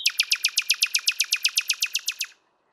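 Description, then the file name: Common nightingale song: a fast, even trill of many sharp notes lasting about two seconds, then silence. "Luscinia megarhynchos"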